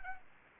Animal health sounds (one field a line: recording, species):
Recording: mosquito wingbeat signal from an infrared sensor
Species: Anopheles arabiensis